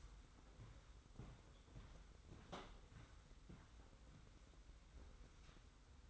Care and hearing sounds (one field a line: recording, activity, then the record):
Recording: daily activity, microphone in the room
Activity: walk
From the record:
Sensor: 3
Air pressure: 990.6 hPa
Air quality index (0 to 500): 171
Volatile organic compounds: 1000 ppm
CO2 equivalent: 5534 ppm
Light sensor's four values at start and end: 37/88/36/34 and 38/90/36/34